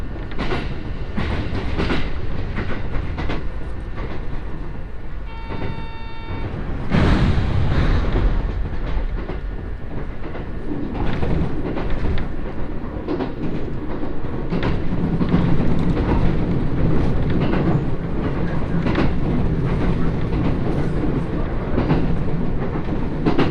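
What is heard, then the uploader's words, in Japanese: A ride aboard an Echigo Tokimeki Railway train, with a steady low rumble and rhythmic clicking of wheels over rail joints throughout. Around five to six seconds a short stacked electronic tone sounds, then the running noise grows louder and stays dense to the end. 耳で楽しむ鉄道旅 えちごトキめき鉄道 高田→直江津→糸魚川。ディーゼルカー1両で足りてしまいます。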